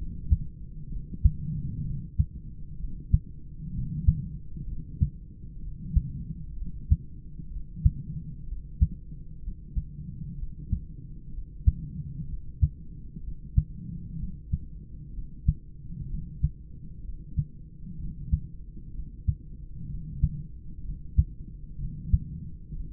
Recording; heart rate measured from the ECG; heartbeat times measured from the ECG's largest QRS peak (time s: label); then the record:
heart sounds by stethoscope; 63 bpm
0.88 s: heartbeat
1.82 s: heartbeat
2.76 s: heartbeat
3.70 s: heartbeat
4.64 s: heartbeat
5.59 s: heartbeat
6.54 s: heartbeat
7.48 s: heartbeat
8.44 s: heartbeat
9.39 s: heartbeat
10.35 s: heartbeat
11.30 s: heartbeat
12.25 s: heartbeat
13.20 s: heartbeat
14.16 s: heartbeat
15.10 s: heartbeat
16.06 s: heartbeat
17.01 s: heartbeat
17.96 s: heartbeat
18.91 s: heartbeat
19.86 s: heartbeat
20.81 s: heartbeat
21.76 s: heartbeat
22.71 s: heartbeat
From the record:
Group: heart failure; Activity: rest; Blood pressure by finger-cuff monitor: 111/75 mmHg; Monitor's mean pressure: 91 mmHg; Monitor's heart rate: 63 bpm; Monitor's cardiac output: 3.8 L/min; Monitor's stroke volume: 61 mL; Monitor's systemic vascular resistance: 1720 dyn s/cm5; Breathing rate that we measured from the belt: 29 breaths a minute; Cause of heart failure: idiopathic cardiomyopathy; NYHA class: 2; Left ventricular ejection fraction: 17%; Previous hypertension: absent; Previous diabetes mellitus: absent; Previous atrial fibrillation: present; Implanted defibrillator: present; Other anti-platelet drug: absent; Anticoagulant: edoxaban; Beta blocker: bisoprolol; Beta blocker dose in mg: 7.5 twice daily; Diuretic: furosemide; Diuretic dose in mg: 20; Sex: male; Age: 63 years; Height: 160 cm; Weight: 69 kg